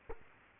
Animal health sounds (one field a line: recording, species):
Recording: mosquito wingbeat signal from an infrared sensor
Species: Culex quinquefasciatus